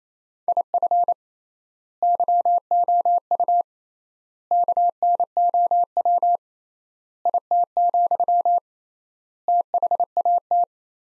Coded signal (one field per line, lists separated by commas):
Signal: Morse code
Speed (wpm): 27 wpm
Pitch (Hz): 700 Hz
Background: none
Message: IF YOU KNOW IT, THAT